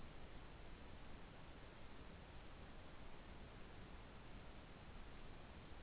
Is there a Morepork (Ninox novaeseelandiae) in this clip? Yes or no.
no